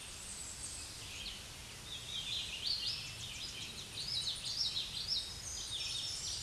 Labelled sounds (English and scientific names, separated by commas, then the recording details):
Common Yellowthroat (Geothlypis trichas) song
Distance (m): 20 m
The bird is about 15 m above the microphone
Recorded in a Pennsylvania forest on 16 May 2024 at 07:00
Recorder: AudioMoth, point MSD-2107
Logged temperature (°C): 16.1 °C
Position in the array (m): 44 m, 141 m